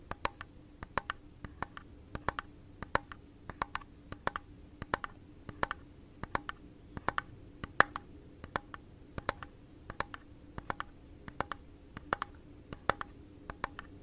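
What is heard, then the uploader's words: Crisp, dry taps in quick irregular bursts, like fingertips or keys, scattered across the whole clip over a soft steady low hum. Blue yeti microphone. Asmr tapping.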